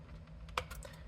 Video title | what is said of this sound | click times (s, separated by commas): Ubo Pro 4 Assembly Instructions | You can hear it click. | 0.6 s